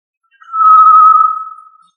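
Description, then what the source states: Quail giving a single pure, steady whistled note lasting about a second and a half, fading gently at the end, against silence. Listed under the tinamou family Tinamidae; local name puyuh.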